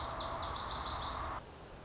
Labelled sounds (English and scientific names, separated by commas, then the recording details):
Lazuli Bunting (Passerina amoena)
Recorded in Sonoma County, California